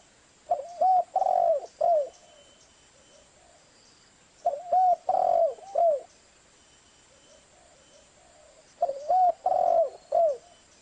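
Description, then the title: Spotted dove call, a soft hooted phrase of short coos ending in a long note and a final brief coo, given three times with pauses between. Mastering recording for training cage birds; clear quality. "SUARA BURUNG DERKUKU MASTERAN BURUNG SUARA DERKUKU KUALITAS JERNIH Vubey"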